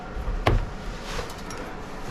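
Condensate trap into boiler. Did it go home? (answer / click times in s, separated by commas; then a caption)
yes / 0.5 s. After being flushed and refilled with water, a plastic condensate trap is pushed back into its fitting on a Munchkin boiler. A single sharp, brief click sounds at 0.5 s over low background noise. The trap clicks into place and is seated.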